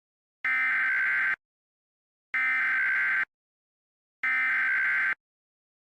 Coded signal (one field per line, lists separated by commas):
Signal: Emergency Alert System (SAME) tones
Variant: header bursts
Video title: EAS Scenario - Ohio Unknown and Inexperienced Incident Situation